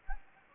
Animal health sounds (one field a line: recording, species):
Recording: mosquito wingbeat signal from an infrared sensor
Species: Anopheles gambiae